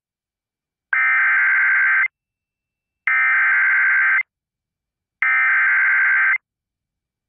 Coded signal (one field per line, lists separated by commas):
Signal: Emergency Alert System (SAME) tones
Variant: header bursts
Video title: IT JUST NEVER STOPS... | EAS Alerts from 6/20/2022 (EAS #1202-1233)